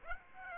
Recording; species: mosquito wingbeat signal from an infrared sensor; Aedes aegypti